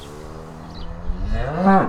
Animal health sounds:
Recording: contact call of a hoofed animal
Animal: cattle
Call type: low-frequency (closed-mouth) or high-frequency (open-mouth) call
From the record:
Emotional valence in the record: negative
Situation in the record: full separation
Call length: 1.89 s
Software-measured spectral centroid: 1130 Hz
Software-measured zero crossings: 1260 a second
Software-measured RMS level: -21 dBFS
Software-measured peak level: -4 dBFS

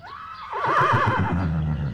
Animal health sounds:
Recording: contact call of a hoofed animal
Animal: horse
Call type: whinny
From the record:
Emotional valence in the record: positive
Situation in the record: reunion with the whole group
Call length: 1.94 s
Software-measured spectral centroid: 1330 Hz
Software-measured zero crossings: 1620 a second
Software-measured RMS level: -23 dBFS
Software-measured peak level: -10 dBFS

